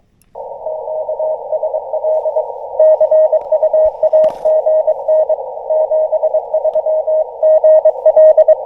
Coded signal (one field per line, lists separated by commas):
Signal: Morse code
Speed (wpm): 22 wpm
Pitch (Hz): 630 Hz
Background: none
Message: QSL CUAGN 73 GL